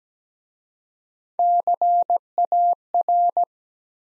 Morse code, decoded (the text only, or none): CAR